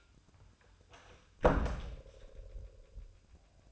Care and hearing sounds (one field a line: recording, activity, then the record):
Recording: daily activity, microphone in the room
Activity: close door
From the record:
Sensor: 2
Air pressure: 1004.8 hPa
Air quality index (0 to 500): 74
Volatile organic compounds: 1 ppm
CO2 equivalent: 873 ppm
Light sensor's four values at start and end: 7/16/6/7 and 7/16/6/6